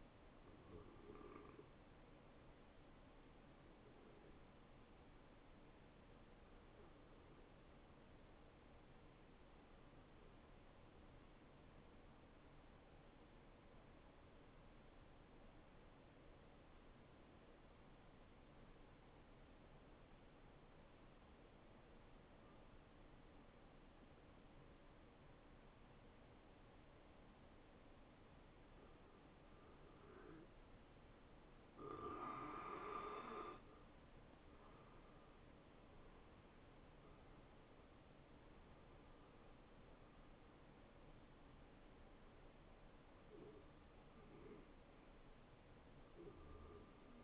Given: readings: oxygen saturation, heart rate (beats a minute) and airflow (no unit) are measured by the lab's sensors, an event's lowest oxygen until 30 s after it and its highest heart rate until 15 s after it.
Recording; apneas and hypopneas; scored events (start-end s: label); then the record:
breathing in sleep by a voice recorder at the bedside; 1
5.00-34.50 s: hypopnea (N1, oxygen 94% highest, then 87% lowest, heart rate 70 at the start, 75 highest)
16.00-47.24 s: new sleep stage, N2 (light sleep)
From the record:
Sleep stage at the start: N1 (lightest sleep); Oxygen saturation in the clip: 87 to 95%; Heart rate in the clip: 61 to 75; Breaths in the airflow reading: 7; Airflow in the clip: -15.9 to 10.0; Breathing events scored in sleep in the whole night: 263 in 5.5 hours asleep